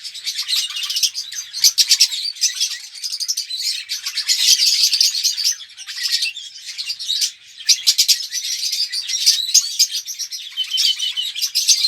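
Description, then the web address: Red-rumped parrot warbling song in bursts of rapid, shrill chirps and trilled whistles, with short lulls near the middle before the chatter swells again. "pevcii-popugai parrots psephotus-haematonotus"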